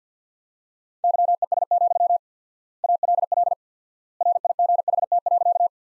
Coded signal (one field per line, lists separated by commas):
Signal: Morse code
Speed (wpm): 50 wpm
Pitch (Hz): 700 Hz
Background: none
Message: YES, ALL RIGHT.